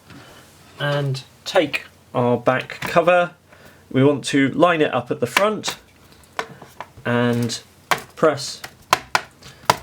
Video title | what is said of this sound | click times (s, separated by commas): Dell Inspiron 14 2-in-1 7415 SSD and RAM Upgrade Guide | press so that it clicks into place, and then I like to start at the back and | 8.9 s, 9.2 s, 9.7 s